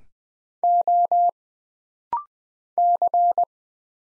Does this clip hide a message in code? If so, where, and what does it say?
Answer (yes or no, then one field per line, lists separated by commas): yes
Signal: Morse code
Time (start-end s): 0.6-3.4 s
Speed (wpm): 20 wpm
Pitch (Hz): 700 Hz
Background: none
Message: O C